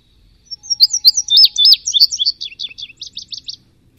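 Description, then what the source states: Indigo Bunting singing one high, sweet phrase of rapid slurred notes that settles into evenly spaced paired notes toward the end, with a quiet background. Played to illustrate a written description of the song; heard by the host as a repeated 'sweet, sweet, sweet'.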